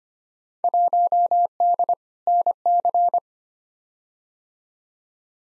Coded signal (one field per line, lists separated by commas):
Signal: Morse code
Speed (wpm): 25 wpm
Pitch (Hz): 700 Hz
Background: none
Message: 1D NC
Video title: Field Day Exchange v2 - 25wpm